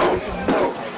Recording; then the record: coughing mixed with background sound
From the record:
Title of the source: Coughing 77